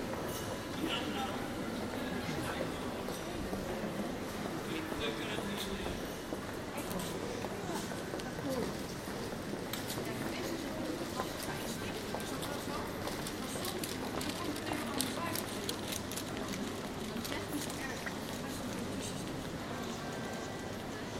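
General atmosphere in The Hague's Passage: a dense, steady murmur of many voices with frequent footsteps and clicks, plus a low rumble throughout.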